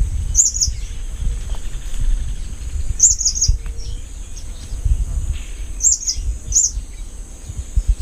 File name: olive spotted hummingbird